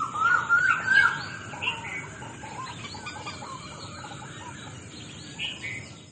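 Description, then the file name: Mixed birds at dawn: a few rich whistled notes open, followed by scattered chirps and calls from several birds over a constant background hiss. Dawn chorus at Talangama. "Dawn chorous at Talangama"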